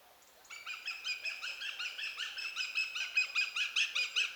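Eurasian goshawk giving a rapid series of harsh, nasal 'kek' notes, about two or three a second, steady and insistent after a short quiet start.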